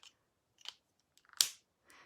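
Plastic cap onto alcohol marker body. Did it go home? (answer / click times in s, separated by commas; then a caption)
yes / 1.4 s. A plastic cap is pushed onto the body of an alcohol marker, with a few faint taps and light scrapes before it. The cap snaps shut with a sharp click at 1.4 s, sealing the marker well, followed by a brief soft rustle.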